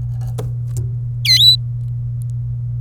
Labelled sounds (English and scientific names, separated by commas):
Domestic Canary (Serinus canaria) song